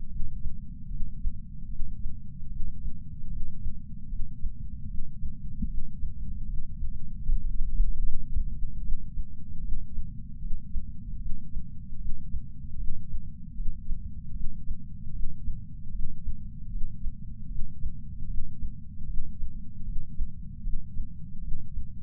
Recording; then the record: heart sounds by patch sensor on the chest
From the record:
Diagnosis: coronary artery disease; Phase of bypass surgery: postoperative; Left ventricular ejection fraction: 62.4%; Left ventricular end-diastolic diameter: 42 mm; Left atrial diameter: 34 mm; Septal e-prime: 9 cm/s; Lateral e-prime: 10 cm/s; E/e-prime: 10.4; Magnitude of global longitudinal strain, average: 12.8%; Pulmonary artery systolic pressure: 24 mmHg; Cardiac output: 5.9 L/min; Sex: male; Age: 63 years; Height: 165 cm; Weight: 70 kg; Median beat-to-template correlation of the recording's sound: 0.92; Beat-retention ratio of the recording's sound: 0.96